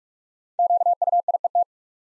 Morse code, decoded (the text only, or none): QUIET